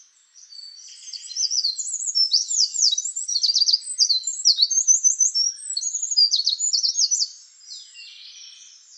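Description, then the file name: Eurasian wren song: a loud, fast jumble of high trills and sharp ticking notes lasting around seven seconds, fading into faint chatter at the end. "Troglodytes troglodytes"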